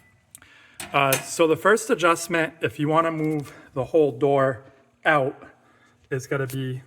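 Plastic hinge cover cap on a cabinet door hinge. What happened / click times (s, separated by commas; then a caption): A small plastic cover cap snapped off / 0.3 s. A plastic cover cap is pried off a cabinet door hinge on a New Age Pro Series wall cabinet to reach the adjustment screws, giving a sharp snap at 0.4 s. The cap pops off, and then someone talks.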